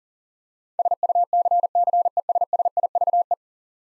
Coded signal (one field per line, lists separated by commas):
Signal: Morse code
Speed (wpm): 41 wpm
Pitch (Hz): 700 Hz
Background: none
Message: SUCCESSIVE